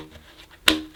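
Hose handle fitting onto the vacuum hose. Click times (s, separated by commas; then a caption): 0.7 s. The plastic handle end is pushed onto the hose of a Miele Guard L1 Comfort vacuum cleaner as a simple push fit, with quiet low handling noise beforehand. A single sharp click at 0.7 s marks the handle seating onto the hose, followed by a brief fading ring.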